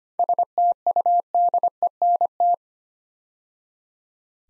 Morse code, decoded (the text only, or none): STUDENT